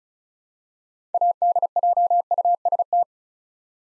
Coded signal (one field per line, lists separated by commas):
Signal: Morse code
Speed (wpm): 36 wpm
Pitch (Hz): 700 Hz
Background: none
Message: ADJUST